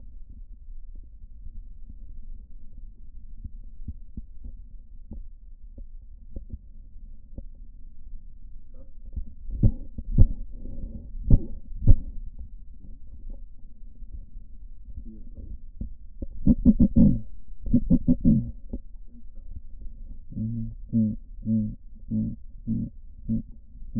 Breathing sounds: lung sounds by stethoscope; right posterior apical chest; quiet breathing, then cough and speech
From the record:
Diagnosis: none (healthy); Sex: male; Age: 23 years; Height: 185 cm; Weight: 93 kg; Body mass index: 27.2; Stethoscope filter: diaphragm mode

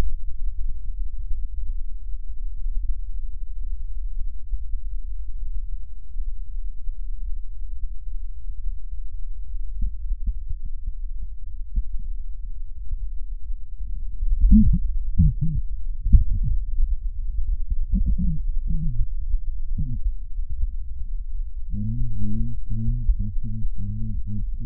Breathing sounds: lung sounds by stethoscope; left posterior apical chest; quiet breathing, then cough and speech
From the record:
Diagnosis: none (healthy); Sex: male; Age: 35 years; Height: 186 cm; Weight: 108 kg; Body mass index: 31.2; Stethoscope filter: bell mode

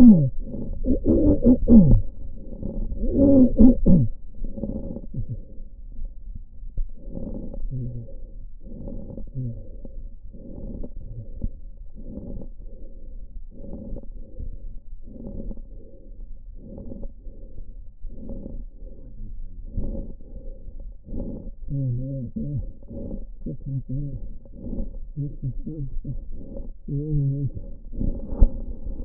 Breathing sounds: lung sounds by stethoscope; left posterior basal chest; quiet breathing, then cough and speech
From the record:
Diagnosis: interstitial lung disease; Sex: male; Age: 72 years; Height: 167 cm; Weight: 74 kg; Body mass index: 26.5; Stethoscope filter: diaphragm mode

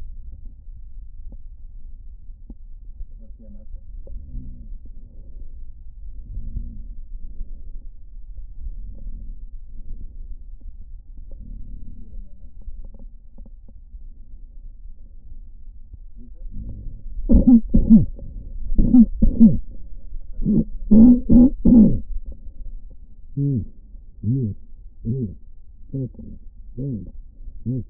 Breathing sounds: lung sounds by stethoscope; right posterior apical chest; quiet breathing, then cough and speech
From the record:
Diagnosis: COPD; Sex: male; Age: 70 years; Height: 170 cm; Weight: 74 kg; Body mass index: 25.6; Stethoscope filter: diaphragm mode

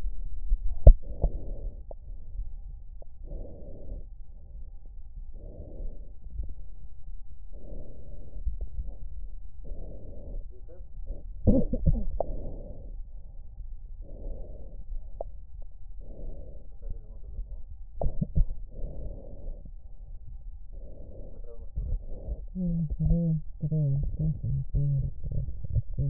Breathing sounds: lung sounds by stethoscope; left posterior basal chest; quiet breathing, then cough and speech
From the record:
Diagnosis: interstitial lung disease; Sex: female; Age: 68 years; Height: 152 cm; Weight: 76 kg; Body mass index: 32.9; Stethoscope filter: extended mode

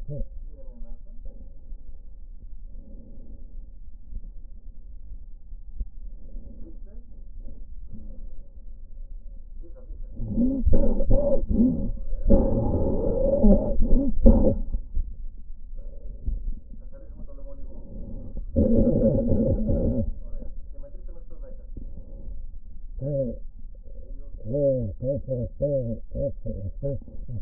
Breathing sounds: lung sounds by stethoscope; left anterior apical chest; quiet breathing, then cough and speech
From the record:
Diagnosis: pulmonary infection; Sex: male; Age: 74 years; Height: 171 cm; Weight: 80 kg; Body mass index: 27.4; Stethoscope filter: diaphragm mode

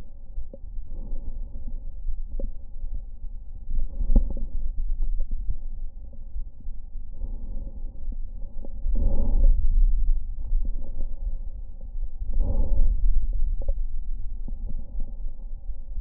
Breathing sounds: lung sounds by stethoscope; left anterior apical chest; quiet breathing, then deep breathing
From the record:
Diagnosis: COPD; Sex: male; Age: 70 years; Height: 163 cm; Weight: 64.6 kg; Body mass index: 24.3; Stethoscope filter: diaphragm mode

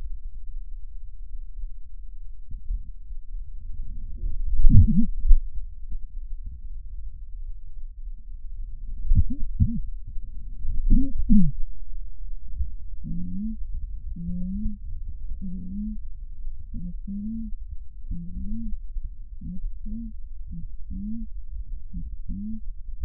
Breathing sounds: lung sounds by stethoscope; left posterior apical chest; quiet breathing, then cough and speech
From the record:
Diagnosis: COPD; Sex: female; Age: 68 years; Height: 150 cm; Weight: 70 kg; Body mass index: 31.1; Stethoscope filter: bell mode

